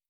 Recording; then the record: hydrophone in a shrimp aquaculture tank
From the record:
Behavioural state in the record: stressed